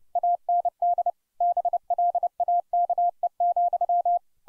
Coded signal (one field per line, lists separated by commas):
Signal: Morse code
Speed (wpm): 30 wpm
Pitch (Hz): 700 Hz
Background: none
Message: AND BLAKE,